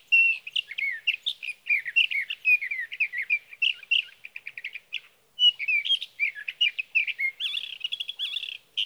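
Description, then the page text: Sage thrasher pouring out a rambling warble, slurred whistles and chattering repeated notes, with one brief pause before the song resumes. Male at his night roost in Sierra Valley, California, singing through the night from the evening of June 12 to the morning of June 15, 2018; night songs, recorded with a Swift recorder. "Birdsong for the Curious Naturalist: Explore #7. 61. Sage thrasher songs, through the night"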